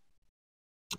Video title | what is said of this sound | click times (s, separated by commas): Creality Nebula Camera: AI Détection des Anomalies | le support vient se clipser | 0.9 s